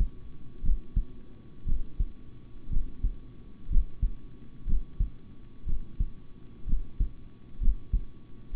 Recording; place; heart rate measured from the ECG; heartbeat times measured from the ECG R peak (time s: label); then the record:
heart sounds by stethoscope; between the tricuspid and mitral areas; 61 bpm
0.62 s: heartbeat
1.65 s: heartbeat
2.70 s: heartbeat
3.69 s: heartbeat
4.66 s: heartbeat
5.65 s: heartbeat
6.66 s: heartbeat
7.60 s: heartbeat
8.52 s: heartbeat
From the record:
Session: rest, sitting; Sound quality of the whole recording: good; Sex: male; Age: 26 years